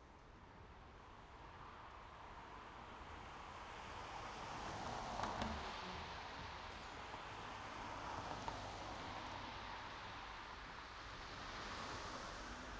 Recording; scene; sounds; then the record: everyday scene through a hearing-aid microphone; in traffic; traffic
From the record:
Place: main road on the outskirts, rush hour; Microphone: in the ear canal, right